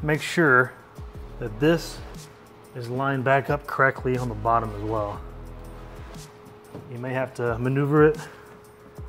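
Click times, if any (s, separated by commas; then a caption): none. The lower edge of a plastic rear bumper cover on a BMW G8X (M3, M4) is handled and maneuvered into line with its body mount while someone talks over a steady background tone. Nothing has seated or clicked yet.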